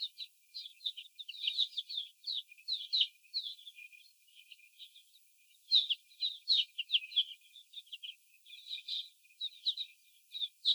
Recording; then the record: young laying hens in a cage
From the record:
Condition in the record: before the stressor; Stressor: sudden umbrella opening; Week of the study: 2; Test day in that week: 1